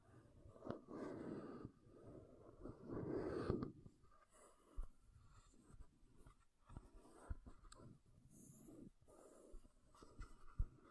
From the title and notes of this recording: ASMR MAKEUP TAPPING & SCRATCHING 3CE Unboxing (No Talking).